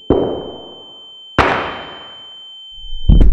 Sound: gunshots